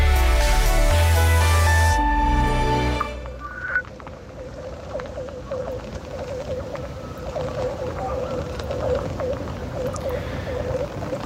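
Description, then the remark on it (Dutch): Ice skates glide and scrape over thin ice on the Brugven fen near Valkenswaard, which answers with an eerie, whale-like ringing hum and scattered sharp pings and clicks, following a brief sustained tonal chord at the start. “scheert over het net niet te dunne ijs van het brugven onder Valkenswaard.”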